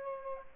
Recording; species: mosquito wingbeat signal from an infrared sensor; Culex pipiens